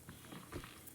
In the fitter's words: Should just click in. You'll hear it go click.